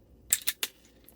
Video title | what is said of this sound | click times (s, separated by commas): SAR FIREARMS CM9 MAG RELEASE SWAP | it will pop the detent fre we'll hear it click | 0.3 s, 0.6 s